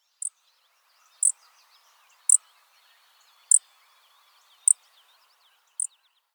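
Grasshopper sparrow calls: very high, short insect-like ticks repeated about once a second, six times, with faint other high chatter in the background.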